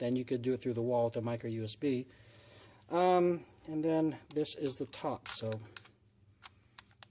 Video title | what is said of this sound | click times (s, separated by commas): Unu Aero Wireless Charging Case + Mat for iPhone 5/5S Review | just snaps in | 6.8 s, 7.0 s